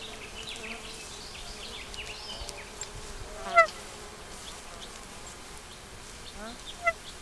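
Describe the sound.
Nene calls: two short, nasal harmonic notes a few seconds apart over steady background noise.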